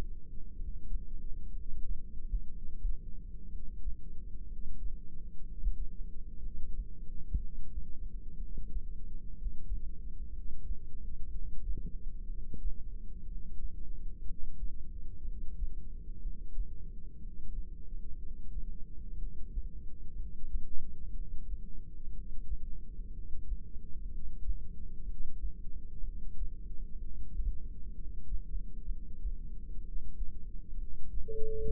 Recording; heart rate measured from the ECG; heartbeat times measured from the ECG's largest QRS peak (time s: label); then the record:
heart sounds by microphone in the right ear; 62 bpm
0.51 s: heartbeat
1.48 s: heartbeat
2.45 s: heartbeat
3.44 s: heartbeat
4.42 s: heartbeat
5.38 s: heartbeat
6.36 s: heartbeat
7.34 s: heartbeat
8.32 s: heartbeat
9.29 s: heartbeat
10.27 s: heartbeat
11.25 s: heartbeat
12.23 s: heartbeat
13.21 s: heartbeat
14.20 s: heartbeat
15.19 s: heartbeat
16.17 s: heartbeat
17.15 s: heartbeat
18.14 s: heartbeat
19.13 s: heartbeat
20.11 s: heartbeat
21.09 s: heartbeat
22.08 s: heartbeat
23.08 s: heartbeat
24.06 s: heartbeat
25.01 s: heartbeat
25.98 s: heartbeat
26.95 s: heartbeat
27.90 s: heartbeat
28.83 s: heartbeat
29.78 s: heartbeat
30.72 s: heartbeat
31.67 s: heartbeat
From the record:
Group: heart failure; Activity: rest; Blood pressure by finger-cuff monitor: 121/84 mmHg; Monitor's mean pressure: 97 mmHg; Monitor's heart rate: 61 bpm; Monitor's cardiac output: 6.2 L/min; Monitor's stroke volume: 102 mL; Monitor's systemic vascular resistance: 1150 dyn s/cm5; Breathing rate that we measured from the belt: 15 breaths a minute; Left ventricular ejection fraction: 25%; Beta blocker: metoprolol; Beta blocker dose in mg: 62.5 twice daily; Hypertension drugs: ramipril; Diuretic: furosemide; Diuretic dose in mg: 40 twice daily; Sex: male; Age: 57 years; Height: 180 cm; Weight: 90.5 kg